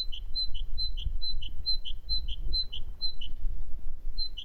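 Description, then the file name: Great tit song, a clear two-note phrase alternating high and slightly lower whistles, repeated rapidly and steadily, then a short pause before a final phrase, over low background rumble. "Parus major"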